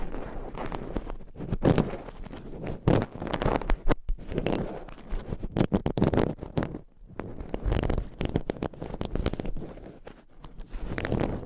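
Scratching, rubbing and tapping on a binaural microphone, in dense, irregular bursts with no steady rhythm. Sharp clicks and taps cut through a rough, hissing scrape, with a low rumble underneath. Brief quiet gaps fall near four and seven seconds.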